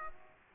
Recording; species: mosquito wingbeat signal from an infrared sensor; Aedes aegypti